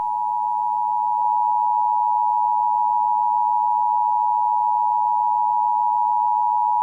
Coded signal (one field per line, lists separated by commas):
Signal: Emergency Alert System (SAME) tones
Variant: 853 and 960 Hz attention tone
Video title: EAS Mock: November 9th, 10 YEARS AGO (WARNING! VALID TONES!!)